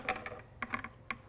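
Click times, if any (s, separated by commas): 0.6 s, 1.1 s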